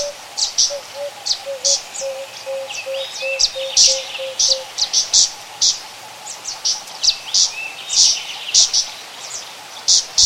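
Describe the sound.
Zitting cisticola producing brisk high 'zit' notes throughout, while a run of soft low whistles sounds during the first half.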